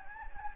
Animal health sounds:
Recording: mosquito wingbeat signal from an infrared sensor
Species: Anopheles gambiae

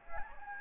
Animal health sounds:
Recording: mosquito wingbeat signal from an infrared sensor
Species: Anopheles gambiae

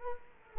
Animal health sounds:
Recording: mosquito wingbeat signal from an infrared sensor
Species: Culex quinquefasciatus

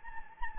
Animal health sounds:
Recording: mosquito wingbeat signal from an infrared sensor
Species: Anopheles gambiae

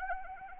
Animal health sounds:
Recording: mosquito wingbeat signal from an infrared sensor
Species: Anopheles arabiensis

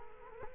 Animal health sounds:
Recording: mosquito wingbeat signal from an infrared sensor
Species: Culex quinquefasciatus

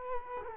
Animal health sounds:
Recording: mosquito wingbeat signal from an infrared sensor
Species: Culex quinquefasciatus

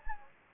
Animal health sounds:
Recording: mosquito wingbeat signal from an infrared sensor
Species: Anopheles gambiae

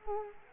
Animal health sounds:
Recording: mosquito wingbeat signal from an infrared sensor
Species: Culex quinquefasciatus

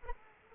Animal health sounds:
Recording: mosquito wingbeat signal from an infrared sensor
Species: Anopheles arabiensis

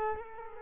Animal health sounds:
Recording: mosquito wingbeat signal from an infrared sensor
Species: Culex quinquefasciatus

